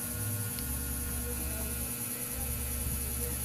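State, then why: Not seated. A battery flex connector is pressed onto the mainboard socket of an Oppo F7 phone during a battery replacement, and it fails to lock. Only a steady low hum and constant high hiss are heard, with no distinct tap or snap standing out. Nothing has seated or clicked yet.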